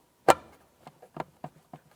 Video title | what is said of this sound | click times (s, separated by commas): How to Replace Cup Holder 2004-2015 Nissan Titan | listen for clicks around all three locking corners | 1.2 s, 1.4 s, 1.7 s